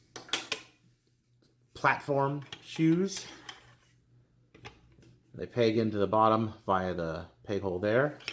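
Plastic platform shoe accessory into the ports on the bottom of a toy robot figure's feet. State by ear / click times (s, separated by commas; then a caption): not seated / none. Plastic platform-shoe accessories are handled as they are pegged into the ports on the bottom of a transforming toy robot figure's feet. Someone talks over short, sharp plastic clicks and taps near the start and a few faint ones around 3.5 and 4.6 seconds. The clip ends before the shoes go home, so nothing has seated or clicked into place yet.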